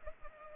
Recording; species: mosquito wingbeat signal from an infrared sensor; Culex pipiens